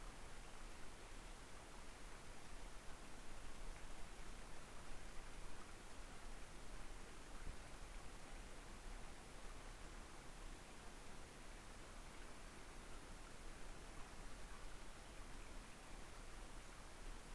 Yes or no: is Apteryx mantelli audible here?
no